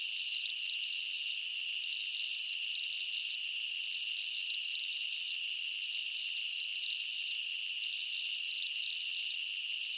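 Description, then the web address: Insects chirping in a dense, continuous high-pitched chorus, with a steady shrill tone and layered buzzing trills that never pause. Night ambience in a jungle, insects and bugs chirping. "Blastwave INSECTS Amb Night Jungle BU. ambience insects chirps night jungle bugs"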